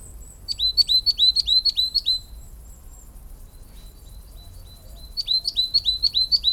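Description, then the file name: Coal tit giving rapid high, bright double notes, several in a run, then a few seconds of quiet before another run begins. "tit-coal Periparus-ater"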